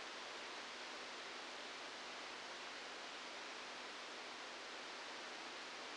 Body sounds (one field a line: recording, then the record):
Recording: brain microelectrode recording played as sound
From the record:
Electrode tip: outside the subthalamic nucleus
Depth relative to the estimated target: -6 mm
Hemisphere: left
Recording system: NeuroSet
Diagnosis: Parkinson's disease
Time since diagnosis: 15 years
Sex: female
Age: 59 years